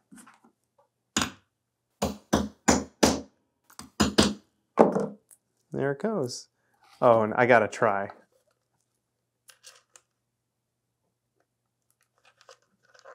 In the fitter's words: oh didn't snap let's get a better snapping sound